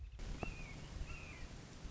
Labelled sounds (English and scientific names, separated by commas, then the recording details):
Red-shouldered Hawk (Buteo lineatus)
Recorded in Sonoma County, California